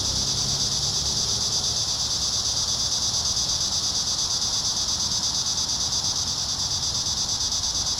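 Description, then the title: Cicadas in a steady, dense buzzing chorus, a continuous shrill drone with a fast pulsing texture, over a faint low rumble. Several cicadas singing in a park. "neoscenes: cicadas in the park"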